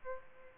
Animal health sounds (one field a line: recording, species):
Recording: mosquito wingbeat signal from an infrared sensor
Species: Aedes aegypti